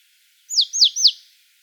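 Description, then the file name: Marsh tit giving three quick, clear, sharply downslurred high notes in a tight series, with nothing else audible. "Poecile palustris"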